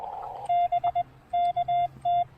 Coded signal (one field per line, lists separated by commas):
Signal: Morse code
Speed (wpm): 21 wpm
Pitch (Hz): 700 Hz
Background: none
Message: B KT